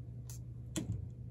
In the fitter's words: you can hear a slight clicking sound